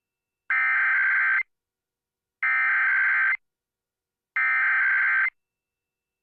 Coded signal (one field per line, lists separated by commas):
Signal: Emergency Alert System (SAME) tones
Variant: header bursts